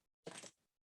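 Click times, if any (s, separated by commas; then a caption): none. The wand of a Philips SpeedPro Max Aqua FC6901 cordless stick vacuum is being fitted into the handheld main unit. A broadband scraping, rattling burst rises at about 0.3 s, with a sharp transient near 0.5 s, then fades. Nothing has seated or clicked yet.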